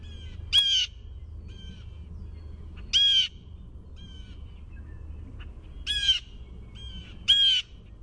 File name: BLJA jeer